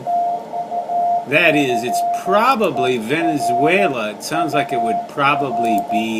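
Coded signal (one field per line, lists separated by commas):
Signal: Morse code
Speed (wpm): 13 wpm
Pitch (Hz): 700 Hz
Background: speech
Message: TAFERUR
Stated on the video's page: Band watch, good activity on 14, 18 and 21 MHz, some on 24 and 28 MHz.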